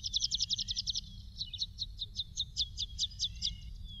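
Long-tailed widowbird calling: a quick burst of high buzzy notes, then spaced sizzling chips with a few thin whistled slurs, over low rumbling background noise.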